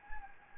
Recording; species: mosquito wingbeat signal from an infrared sensor; Anopheles gambiae